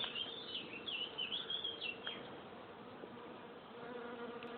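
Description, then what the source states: Bees humming, a softer low drone under thin, high wavering chirps in the first two seconds. Recorded in Ancy.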